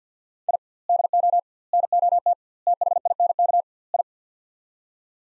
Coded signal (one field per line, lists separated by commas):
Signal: Morse code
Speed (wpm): 48 wpm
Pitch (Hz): 700 Hz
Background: none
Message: I DO NOT THINK I